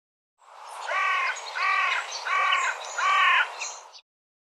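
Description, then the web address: Bird giving four hoarse, harmonic caw-like calls, evenly spaced, each slightly arched in pitch, over a soft hiss. "cianscape birddata Deverinetal 2025"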